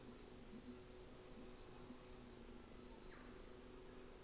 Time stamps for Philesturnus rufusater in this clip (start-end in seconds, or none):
0.05-4.07